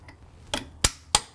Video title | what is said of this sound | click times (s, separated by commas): How to Rebuild T5 Transmission Part 3 of 3 | There you go, you hear it snap into place. | 0.9 s, 1.2 s